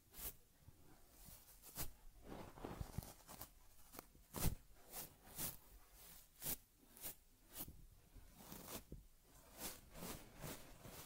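Soft brushing and rubbing strokes on a teddy bear's fur come in quick, irregular bursts, roughly one or two each second, each with a hissy, bright edge. A sharp tap lands near the middle, and a faint low murmur runs underneath.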